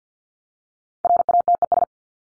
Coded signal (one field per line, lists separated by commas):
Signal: Morse code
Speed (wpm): 50 wpm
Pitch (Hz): 700 Hz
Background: none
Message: RATES